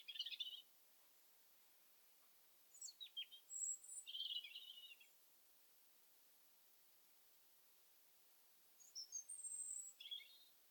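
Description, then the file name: European robin singing: brief high twittering phrases separated by silent pauses, each mixing thin whistles and quick warbled notes. "Erithacus rubecula"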